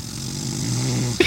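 A single low, buzzing, rattling breath that grows louder: the heavy snore of an adult man sound asleep with his head back and his mouth wide open.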